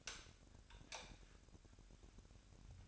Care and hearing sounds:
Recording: daily activity, microphone in the room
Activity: light off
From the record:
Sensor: 2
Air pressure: 1011.8 hPa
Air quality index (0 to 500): 217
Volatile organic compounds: 3 ppm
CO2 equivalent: 1526 ppm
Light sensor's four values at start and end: 16/45/18/19 and 12/27/12/12

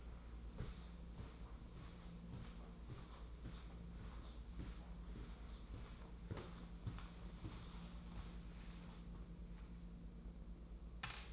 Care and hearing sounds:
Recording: daily activity, microphone in the room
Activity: walk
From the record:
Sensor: 1

